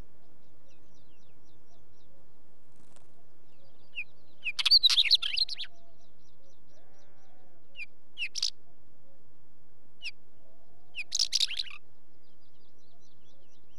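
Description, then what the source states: Wheatear song, a longer scratchy warbling burst followed by shorter crackling notes and another burst, with faint sheep calls beneath. Recorded with sheep in the background.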